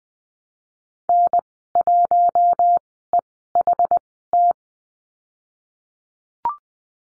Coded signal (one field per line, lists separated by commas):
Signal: Morse code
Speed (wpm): 20 wpm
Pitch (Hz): 700 Hz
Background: none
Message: N1EHT